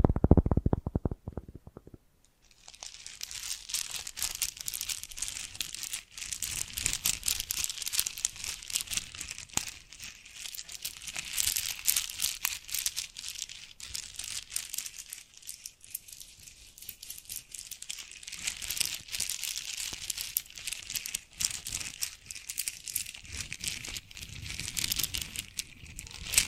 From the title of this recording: Bracelets and Jewelry Boxes